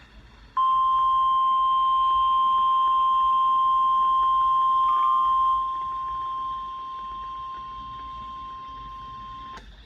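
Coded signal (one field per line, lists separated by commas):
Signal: Emergency Alert System (SAME) tones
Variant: 1050 Hz attention tone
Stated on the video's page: NOAA Weather Radio WNG685 EAS tones for a double-header Severe Thunderstorm Watch.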